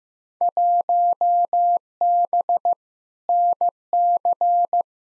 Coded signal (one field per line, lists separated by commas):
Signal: Morse code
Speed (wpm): 15 wpm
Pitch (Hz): 700 Hz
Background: none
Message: 1B NC